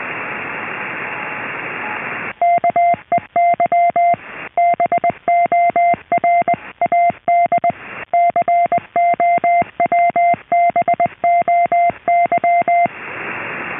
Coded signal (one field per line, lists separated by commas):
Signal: Morse code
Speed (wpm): 20 wpm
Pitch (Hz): 690 Hz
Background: radio noise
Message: KEY BORAD COWBOY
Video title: radio radio radio 10-4 good buddy